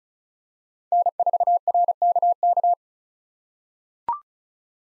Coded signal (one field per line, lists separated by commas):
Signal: Morse code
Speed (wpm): 36 wpm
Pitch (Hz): 700 Hz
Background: none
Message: N4RKK